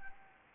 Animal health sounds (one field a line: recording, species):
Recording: mosquito wingbeat signal from an infrared sensor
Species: Anopheles gambiae